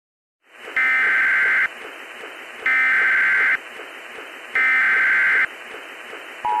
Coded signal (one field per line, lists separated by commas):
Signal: Emergency Alert System (SAME) tones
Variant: header bursts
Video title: EAS SCENARIO JENNIFER